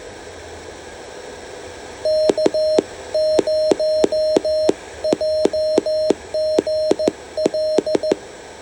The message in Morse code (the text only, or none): K0JGL